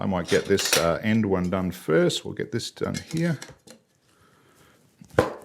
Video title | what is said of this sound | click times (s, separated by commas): A closer look at the Durkee Quilt Border Frames - Echidna Sewing | that's popped into place beautifully | 5.2 s